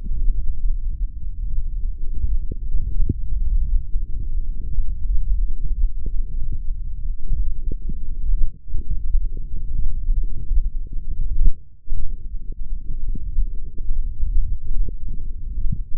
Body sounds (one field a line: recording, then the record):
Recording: forearm muscle sounds (acoustic myography)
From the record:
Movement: hand closing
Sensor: system 1, eight BSWA MPA416 microphones around the upper forearm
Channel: 5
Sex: male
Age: 18 years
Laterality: right